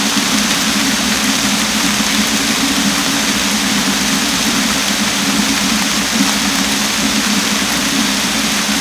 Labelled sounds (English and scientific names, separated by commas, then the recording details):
none
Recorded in dense forest near Puerto Asís, Putumayo, Colombia, on 18 December 2024 at 23:00
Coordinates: 0.486, -76.317
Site G003